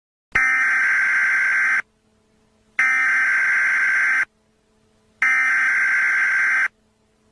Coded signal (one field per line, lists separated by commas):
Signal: Emergency Alert System (SAME) tones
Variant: header bursts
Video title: Nuclear Contamination: An EAS Scenario